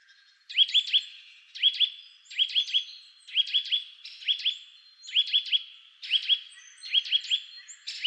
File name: Sitta europaea